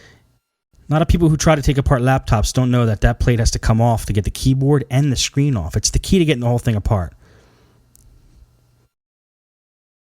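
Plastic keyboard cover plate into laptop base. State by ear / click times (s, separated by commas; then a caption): not seated / none. While a Toshiba laptop is being reassembled, the plastic cover plate above the keyboard is handled for pressing back into the laptop base as someone talks through most of the clip. After the talking stops, only a brief faint sound occurs near 8.0 s. The plate has not yet snapped in or seated when the clip ends.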